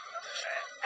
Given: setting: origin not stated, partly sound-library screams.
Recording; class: one-second piece from a danger detection set; woman in danger